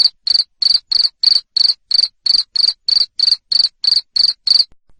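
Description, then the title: Cricket chirping in loud, even pulses about three per second, each a short harsh trill, with no other sounds. Loud cricket chirping used to stimulate lovebirds to sing continuously. "Suara JANGKRIK NGERIK Keras Bikin LOVEBIRD Jadi NGEKEK Terus Vubey"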